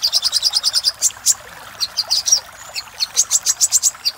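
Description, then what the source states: Little spiderhunter with a rapid string of high chips, then scattered louder notes and a thin slur before another quick series. Master recording used to train cage birds; labelled Labaik.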